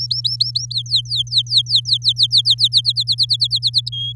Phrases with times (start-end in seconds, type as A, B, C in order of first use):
0.00-0.66 A, 0.70-2.81 B, 2.84-3.89 C, 3.92-4.13 D